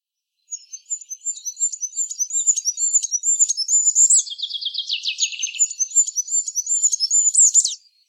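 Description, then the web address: Bird calling in high, rapid repeated chirps, several a second, breaking into a descending buzzy trill midway, then resuming the chirp series; no other sounds. "cianscape. Deverinetal 2025. Bird Only"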